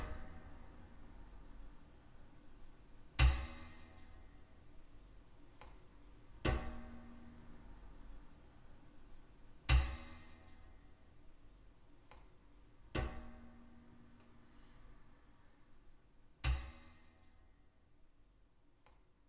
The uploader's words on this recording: Objects: Anglepoise. Sounds made with my Anglepoise desk lamp. Nothing is reversed, time-stretched, etc., just cut & pasted, layered up and with a touch of EQ, panning, compression and reverb to pull it all together. All sounds recorded in my studio using a Zoom h4n recorder (internal mics).